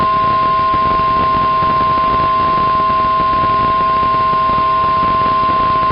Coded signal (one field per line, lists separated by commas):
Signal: Emergency Alert System (SAME) tones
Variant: 1050 Hz attention tone